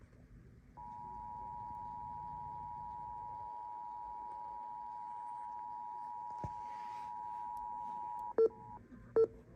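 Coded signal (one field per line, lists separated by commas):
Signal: Emergency Alert System (SAME) tones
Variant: 853 and 960 Hz attention tone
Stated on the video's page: AMBER Alert relayed by an FM station.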